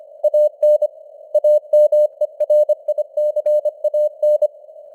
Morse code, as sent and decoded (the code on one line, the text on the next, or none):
.- -. / .- -- . .-. .. -.-. .- -.
AN AMERICAN